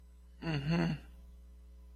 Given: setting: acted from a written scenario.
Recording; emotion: vocal sound without words; sympathy